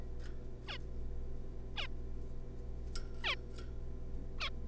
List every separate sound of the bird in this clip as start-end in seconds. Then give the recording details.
0.67-0.77, 1.76-1.87, 3.24-3.35, 4.38-4.50. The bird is a juvenile. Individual R3549